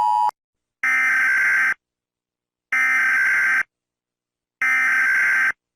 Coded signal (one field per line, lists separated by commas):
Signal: Emergency Alert System (SAME) tones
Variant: header bursts